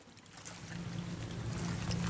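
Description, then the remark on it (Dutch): A ferry's low, steady engine drone hums in the background throughout, with a soft wash of water and faint splashing gently lapping on the stone shores of the Marsdiep at Texel on a quiet morning, gradually growing slightly louder. “Zachtjes kabbelend water op de stenen oevers. De veerboot hoor je op de achtergrond.”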